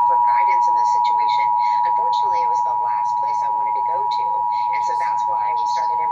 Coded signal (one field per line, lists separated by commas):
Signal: Emergency Alert System (SAME) tones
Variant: 853 and 960 Hz attention tone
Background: speech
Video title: Washington Statewide AMBER Alert on KREM-TV 4/21/21 (EAS #571)